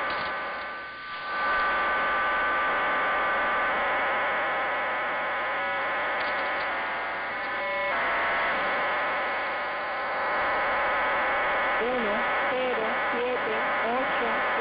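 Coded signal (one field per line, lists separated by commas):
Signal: numbers station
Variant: HM01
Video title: 07 01 2022 Cuban Spy Number HM01 in Spanish 0602 on 10345 Bejucal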